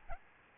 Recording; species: mosquito wingbeat signal from an infrared sensor; Aedes albopictus